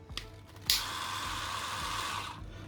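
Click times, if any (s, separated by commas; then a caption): 0.7 s. A plastic extension pole section is pushed into the handle of a Homitt Electric Spin Scrubber HM115D, with a faint tap at 0.2 s before a sharp click at 0.7 s. A steady high whirring hiss follows until about 2.4 s. The pole section is seated.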